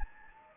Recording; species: mosquito wingbeat signal from an infrared sensor; Anopheles gambiae